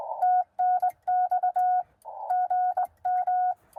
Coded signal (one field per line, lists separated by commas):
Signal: Morse code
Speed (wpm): 19 wpm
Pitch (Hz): 720 Hz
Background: none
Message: TNX GM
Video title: Bug POTA Activation QRP with ham stick and battery (also see description below)